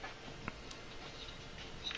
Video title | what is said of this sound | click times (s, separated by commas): How to install a Link JLF into a MadCatz TE | and then just push the e-clip on boom snaps right in so now you see everything is tight | 0.5 s